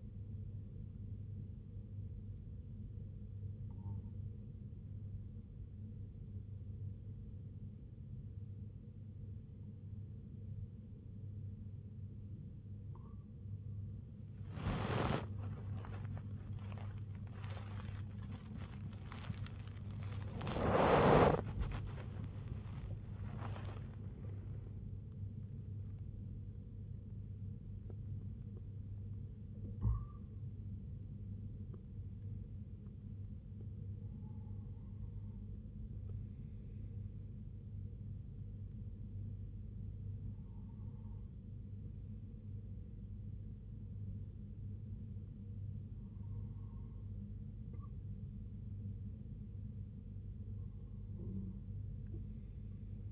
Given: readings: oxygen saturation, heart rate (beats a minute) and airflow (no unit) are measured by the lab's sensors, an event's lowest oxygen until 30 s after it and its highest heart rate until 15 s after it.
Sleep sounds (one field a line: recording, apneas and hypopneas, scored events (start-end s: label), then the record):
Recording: breathing in sleep by a smartphone at the bedside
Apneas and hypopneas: 1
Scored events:
3.00-23.50 s: hypopnea (N2, oxygen 95% highest, then 95% lowest, heart rate 81 at the start, 90 highest)
5.00-53.12 s: new sleep stage, N1 (lightest sleep)
From the record:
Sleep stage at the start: N2 (light sleep)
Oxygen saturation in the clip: 94 to 97%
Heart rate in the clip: 56 to 90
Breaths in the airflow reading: 8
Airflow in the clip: -9.9 to 11.7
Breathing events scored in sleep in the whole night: 258 in 7.4 hours asleep